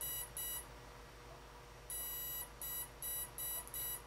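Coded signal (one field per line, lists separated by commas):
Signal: beep code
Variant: Next D ESC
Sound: two short beeps, a pause, then one long beep and four short beeps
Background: quiet room hum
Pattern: 1 long, 4 short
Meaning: Main menu item: startup strength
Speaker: till it gets the one long and four short beeps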